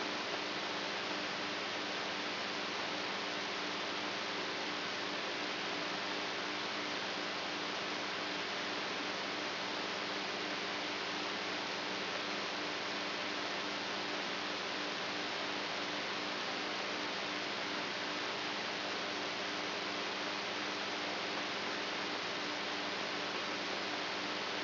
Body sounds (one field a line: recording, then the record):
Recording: brain microelectrode recording played as sound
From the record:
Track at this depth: outside the subthalamic nucleus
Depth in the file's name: 6.307 mm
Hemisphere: right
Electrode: 3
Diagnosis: Parkinson's disease